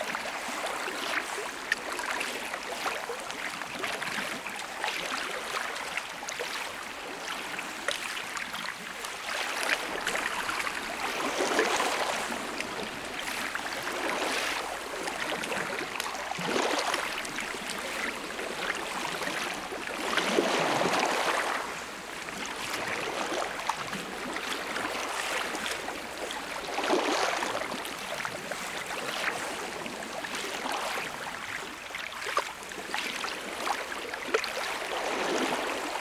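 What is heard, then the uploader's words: Lake water laps and splashes in a steady, dense wash, with small waves arriving every few seconds as brighter surges, notably around 11, 16, 20 and 27 seconds. A faint low hum runs underneath throughout, like a boat. Lake Sounds.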